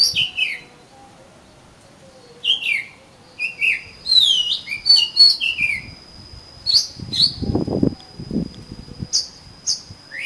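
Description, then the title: Oriental magpie-robin singing scattered whistled and slurred notes, some buzzy, with low thumping noises in the background and a faint steady high whine. "Kacer Kacer"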